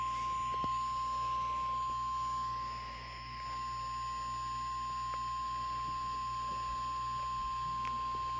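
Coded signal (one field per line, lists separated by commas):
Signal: Emergency Alert System (SAME) tones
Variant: 1050 Hz attention tone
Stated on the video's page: Tornado warning.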